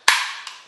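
A plastic beer line is pushed into the tap of a Philips Perfect Draft home beer dispenser and clicks into place with a sharp, loud knock at 0.1 s. The knock rings and fades, with a softer second tap at 0.5 s. The line is seated in the tap.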